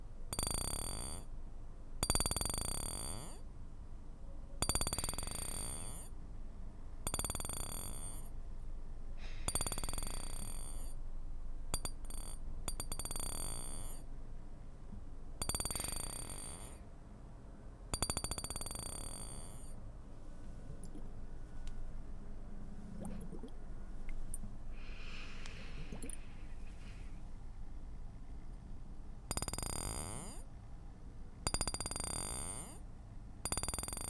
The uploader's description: rummaging through a bag of nail polish, gathering up a handful of marbles, two wooden dolls giving each other a hug